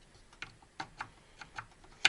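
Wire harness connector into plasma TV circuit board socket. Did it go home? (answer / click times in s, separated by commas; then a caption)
yes / 2.0 s. While reassembling a Samsung 50" PN50B550 plasma TV during a power supply replacement, a wire harness connector is pushed onto its circuit board socket, producing a series of light, sharp ticks around 0.4, 0.8, 1.0, 1.4 and 1.6 seconds. A much louder, crisp click at 2.1 seconds marks the connector latching into the socket, and it is seated.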